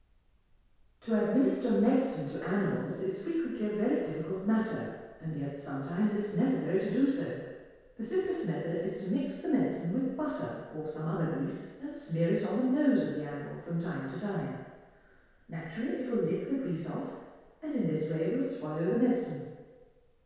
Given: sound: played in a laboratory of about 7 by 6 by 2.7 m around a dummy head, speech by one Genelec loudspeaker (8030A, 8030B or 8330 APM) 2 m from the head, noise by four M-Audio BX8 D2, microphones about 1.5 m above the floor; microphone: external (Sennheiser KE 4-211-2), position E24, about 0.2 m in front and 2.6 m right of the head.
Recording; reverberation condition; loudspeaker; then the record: female speech in English; high; behind (180 degrees)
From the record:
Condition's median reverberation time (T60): about 1300 ms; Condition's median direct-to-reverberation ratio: about -4.0 dB